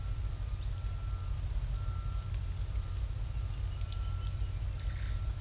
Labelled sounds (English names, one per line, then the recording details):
none
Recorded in secondary vegetation near Puerto Asís, Putumayo, Colombia, on 26 December 2024 at 13:30
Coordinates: 0.499, -76.323
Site G010